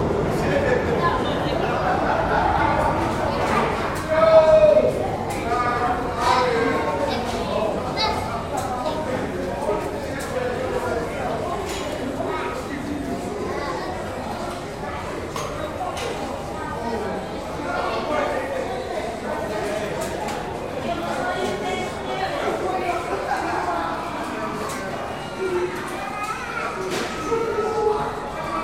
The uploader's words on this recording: Van Sinderen Main Entrance Platform. We begin inside the cavernous main platform of the Broadway Junction with a dense array of sounds filling the stereo field. As crowds of people pass.